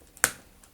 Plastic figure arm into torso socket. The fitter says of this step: there you go you heard that